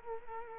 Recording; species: mosquito wingbeat signal from an infrared sensor; Culex quinquefasciatus